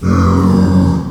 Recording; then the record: squeal of a Yucatan mini pig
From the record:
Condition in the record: after surgery on the right vocal fold (resection and tissue-engineered implant); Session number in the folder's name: 16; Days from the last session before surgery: 183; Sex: female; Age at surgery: 19 weeks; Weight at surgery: 25 kg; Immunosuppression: prednisolone